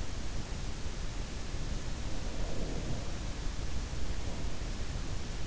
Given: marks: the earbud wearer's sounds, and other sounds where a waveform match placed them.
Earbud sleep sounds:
sounds in sleep by an in-ear microphone; breath
1.46-4.86 s: breath

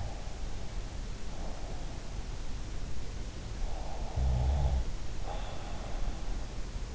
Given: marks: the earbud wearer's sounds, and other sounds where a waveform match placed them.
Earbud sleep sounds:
sounds in sleep by an in-ear microphone; breath, snoring breath
0.00-2.23 s: breath
3.65-6.37 s: snoring breath

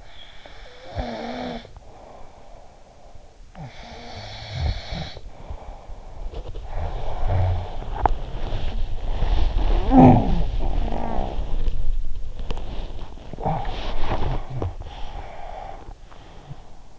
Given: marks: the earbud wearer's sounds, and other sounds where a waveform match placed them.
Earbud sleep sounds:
sounds in sleep by an in-ear microphone; snoring breath, body movement, talking in sleep, breath
0.00-2.96 s: snoring breath
3.17-6.37 s: snoring breath
6.61-15.17 s: body movement
9.65-11.82 s: talking in sleep
13.18-14.78 s: talking in sleep
14.91-16.99 s: breath

